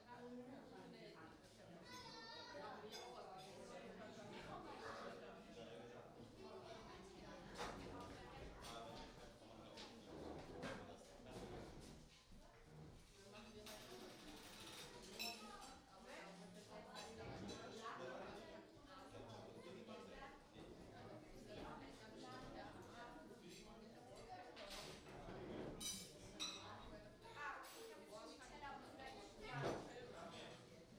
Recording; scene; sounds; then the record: everyday scene through a hearing-aid microphone; many people talking; many voices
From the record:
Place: parish hall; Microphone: in the ear canal, right